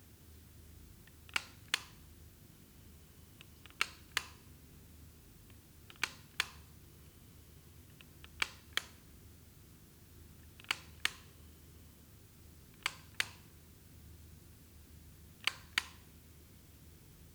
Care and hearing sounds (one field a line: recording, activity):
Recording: daily activity, guitar pickup as the sensor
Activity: operate light